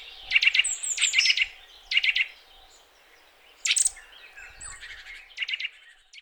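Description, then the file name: Eurasian nuthatch giving short bursts of a few quick, hard notes, separated by pauses of one to two seconds. "Sitta europaea"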